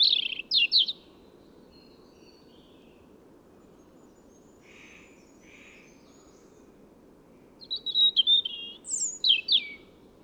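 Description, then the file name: European robin: thin, high, rapid phrases at the start and again near the end, separated by a quiet gap with two soft lower notes, over steady low background hiss. "Erithacus rubecula"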